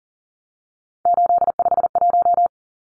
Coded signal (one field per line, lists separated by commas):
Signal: Morse code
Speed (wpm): 39 wpm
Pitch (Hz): 700 Hz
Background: none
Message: 851